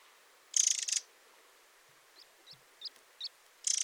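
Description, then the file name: Eurasian wren calls: a loud high rattling burst, a series of soft ticks, then another rattle starting at the end. "Troglodytes troglodytes"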